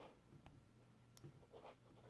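A crimped metal pin on a wire is pushed into a plastic wire-to-wire connector housing, with red on the upper end and black on the lower, until its retention latch catches. Two faint, sharp little clicks are heard at 0.5 s and 1.2 s over a steady low hum and soft handling noise. The pin is seated in the housing.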